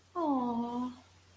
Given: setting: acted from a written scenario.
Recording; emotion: vocal sound without words; sympathy